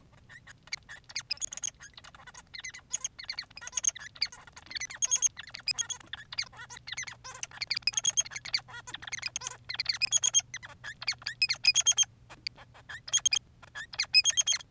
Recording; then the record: song of a male Bengalese finch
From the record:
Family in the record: son of father 3